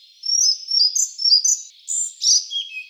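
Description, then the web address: Collared flycatcher giving high, thin whistled and squeaky notes in short varied phrases, some sliding down in pitch, separated by brief pauses. "Ficedula albicollis"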